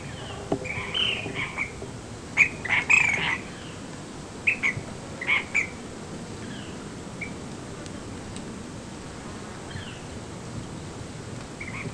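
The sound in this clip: Ash-throated flycatcher calls, short rough burry notes and quick doubled phrases in a loose cluster, then mostly quiet with a few faint notes, over steady low background noise.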